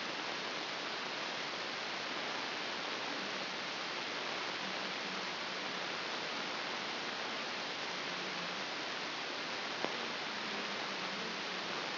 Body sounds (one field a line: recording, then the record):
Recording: brain microelectrode recording played as sound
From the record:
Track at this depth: inside the subthalamic nucleus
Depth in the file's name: 4.518 mm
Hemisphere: left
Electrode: 2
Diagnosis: Parkinson's disease